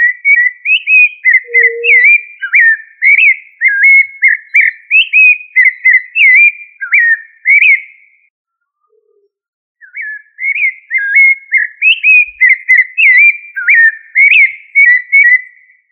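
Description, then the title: Thrush song of clear whistled phrases, rising and falling, delivered in a steady run, pausing about two seconds midway before resuming. "Familia Turdidae - Sabia"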